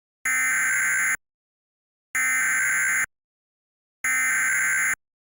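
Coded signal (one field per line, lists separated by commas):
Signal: Emergency Alert System (SAME) tones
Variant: header bursts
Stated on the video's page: Fictional tornado outbreak EAS scenario.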